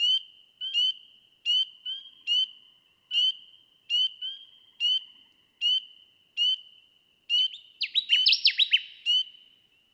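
Connecticut warbler song: a short, loud burst of rapid, down-slurred chipping notes near the end, after a long run of evenly repeated high, steady tonal notes.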